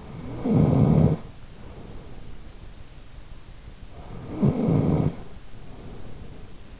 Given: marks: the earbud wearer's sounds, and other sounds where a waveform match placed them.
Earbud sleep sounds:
sounds in sleep by an in-ear microphone; snoring breath
0.20-2.45 s: snoring breath
4.12-6.80 s: snoring breath

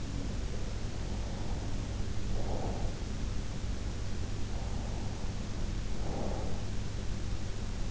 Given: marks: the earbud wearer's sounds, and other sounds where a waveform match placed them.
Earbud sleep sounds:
sounds in sleep by an in-ear microphone; breath
1.16-3.31 s: breath
4.93-7.14 s: breath

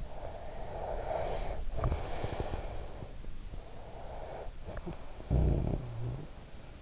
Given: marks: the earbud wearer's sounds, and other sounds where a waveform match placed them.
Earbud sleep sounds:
sounds in sleep by an in-ear microphone; breath, snoring breath
0.00-3.19 s: breath
3.65-6.51 s: snoring breath

